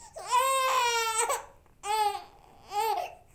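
Three crying bursts from an infant over about three seconds: a long wail of roughly a second, then two shorter rising-and-falling cries. Each is high-pitched and tonal with strong overtones. It is an ordinary infant cry in a quiet room.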